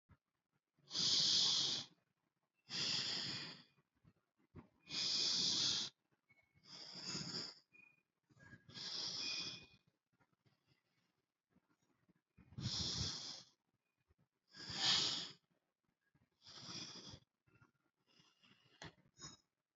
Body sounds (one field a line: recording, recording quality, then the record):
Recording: deep breathing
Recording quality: excellent, no background noise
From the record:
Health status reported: healthy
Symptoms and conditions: none ticked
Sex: male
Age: 63 years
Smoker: not ticked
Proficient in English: yes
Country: India